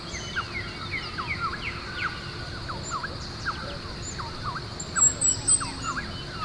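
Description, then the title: Bird giving quick V-shaped and downslurred chirps throughout, thin high notes near the end, over background hiss and a steady hum. "LuckyKumpulan SuaraBurung"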